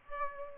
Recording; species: mosquito wingbeat signal from an infrared sensor; Aedes aegypti